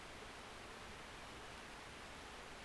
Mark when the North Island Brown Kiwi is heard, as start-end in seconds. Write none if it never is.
none